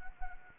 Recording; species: mosquito wingbeat signal from an infrared sensor; Anopheles gambiae